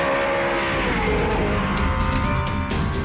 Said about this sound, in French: En fin de matinée, les premières voitures s'élancent sur la piste. Dans la grande tribune qui longe la ligne droite, face à une mer turquoise, les spectateurs déchaînés acclament ces monstres d'aluminium et d'acier.